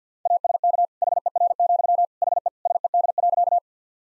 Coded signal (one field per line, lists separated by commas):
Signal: Morse code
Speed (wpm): 50 wpm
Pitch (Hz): 700 Hz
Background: none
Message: ASK HER, HE SED.